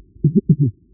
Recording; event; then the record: neck accelerometer signal played as sound; voluntary cough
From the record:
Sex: female